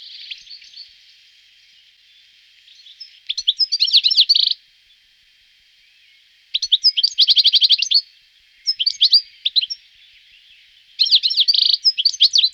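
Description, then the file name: European goldfinch song in several bursts of bright, tinkling twitters and buzzy trills, separated by pauses of up to about two seconds, with a faint steady high tone through much. "roche 2004 stieglitz"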